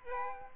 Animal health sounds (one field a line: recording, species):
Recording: mosquito wingbeat signal from an infrared sensor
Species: Aedes aegypti